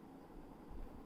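The plastic adjustable guide comb on a Havells 4 in 1 GS6351 grooming kit hair trimmer is handled as it is slid toward a different hair-length setting. Only a steady low background rumble is heard, with a slight low-frequency swell around 0.7 to 0.85 seconds. Nothing has clicked or seated into a length setting yet.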